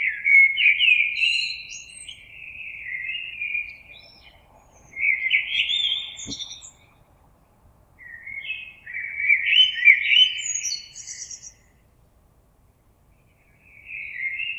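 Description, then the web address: Common blackbird song: rich, flowing whistled phrases with high chittering ends, broken by pauses; a single faint click midway. Recorded 26 April 2022. "oiseaux Merle 2022 04 26"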